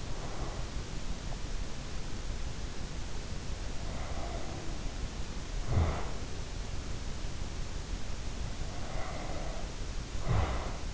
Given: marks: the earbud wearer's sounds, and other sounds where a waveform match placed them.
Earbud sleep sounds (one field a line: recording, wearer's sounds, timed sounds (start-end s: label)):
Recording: sounds in sleep by an in-ear microphone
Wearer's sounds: breath, snoring breath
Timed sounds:
0.00-0.97 s: breath
3.70-6.39 s: snoring breath
8.79-10.94 s: breath